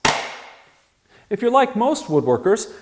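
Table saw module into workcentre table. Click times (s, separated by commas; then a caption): 0.0 s. A Triton TWX7 Workcentre table saw module, pivoted down into the workcentre table and secured with two finger-operated locks, seats with a single sharp, loud wooden knock at 0.1 s that rings and fades over most of a second. After a brief quiet, someone talks. The module is locked in place.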